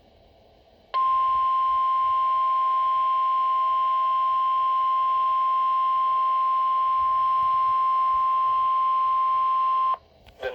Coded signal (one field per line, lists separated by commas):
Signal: Emergency Alert System (SAME) tones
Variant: 1050 Hz attention tone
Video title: Severe Thunderstorm Warning (EAS #28)